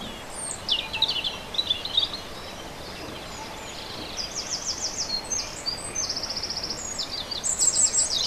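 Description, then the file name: European robin song of varied high warbles and fast, trembling trills, phrases mostly following closely one after another, with one pause of about two seconds, over a continuous hiss. Recorded on 27 April 2011 with an MZ-N710 recorder. "rouge gorge 27 04 11"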